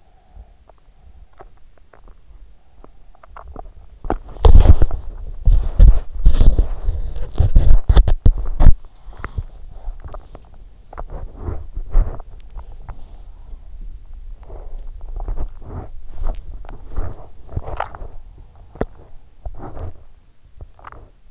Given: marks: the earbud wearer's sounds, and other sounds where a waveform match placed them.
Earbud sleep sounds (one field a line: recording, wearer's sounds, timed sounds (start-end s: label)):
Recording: sounds in sleep by an in-ear microphone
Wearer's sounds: teeth grinding, body movement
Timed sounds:
0.00-3.87 s: teeth grinding
3.87-8.91 s: body movement
8.91-21.31 s: teeth grinding